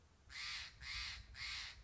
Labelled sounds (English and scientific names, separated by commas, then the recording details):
Steller's Jay (Cyanocitta stelleri)
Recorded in Sonoma County, California